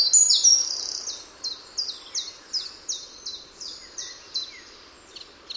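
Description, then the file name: Eurasian wren song, a high, loud opening burst followed by a steady run of sharp, ringing notes repeated about three times a second, fading toward the end over faint background hiss. "Troglodytes troglodytes"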